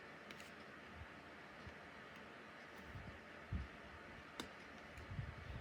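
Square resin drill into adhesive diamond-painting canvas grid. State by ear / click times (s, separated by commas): seated / 0.3 s, 4.4 s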